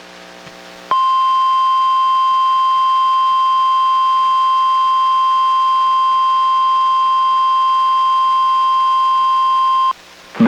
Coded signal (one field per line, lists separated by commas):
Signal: Emergency Alert System (SAME) tones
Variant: 1050 Hz attention tone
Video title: EAS #729: NWR Required Weekly Test- Dec. 28, 2022- 11:25AM PST